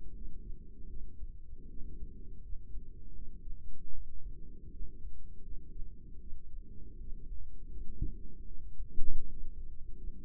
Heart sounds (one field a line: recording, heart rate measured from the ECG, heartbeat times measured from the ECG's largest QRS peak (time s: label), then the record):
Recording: heart sounds by microphone in the right ear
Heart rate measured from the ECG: 79 bpm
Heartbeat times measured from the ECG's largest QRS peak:
0.14 s: heartbeat
0.88 s: heartbeat
1.69 s: heartbeat
2.41 s: heartbeat
3.14 s: heartbeat
3.93 s: heartbeat
4.71 s: heartbeat
5.43 s: heartbeat
6.20 s: heartbeat
6.98 s: heartbeat
7.69 s: heartbeat
8.46 s: heartbeat
9.25 s: heartbeat
9.96 s: heartbeat
From the record:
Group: healthy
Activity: rest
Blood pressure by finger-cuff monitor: 162/86 mmHg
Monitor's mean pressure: 105 mmHg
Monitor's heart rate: 79 bpm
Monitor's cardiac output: 7.1 L/min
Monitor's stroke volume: 90 mL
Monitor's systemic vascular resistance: 1100 dyn s/cm5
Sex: female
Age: 22 years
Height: 154 cm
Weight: 58.7 kg